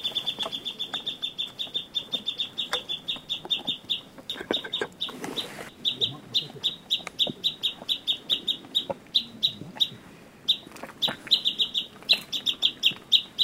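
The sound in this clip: Japanese bush warbler pouring out an extended, rapid chatter of sharp, high notes, briefly interrupted by a short rush of noise, then resuming.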